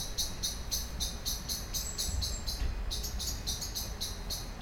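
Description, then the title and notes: Common blackbird scolding with a rapid series of sharp, metallic ticking notes, insistent, over low background rumble. Excitedly scolding, flying from tree to tree; city street in Cologne, morning. "cologne, lütticherstrasse, amsel. amsel aufgeregt schimpfend fliegt von baum zu baum, im hintergrund fahrradfahrer und fussgänger auf dem bürgersteig, morgens"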